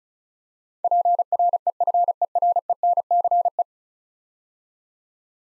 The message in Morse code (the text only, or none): PREFERENCE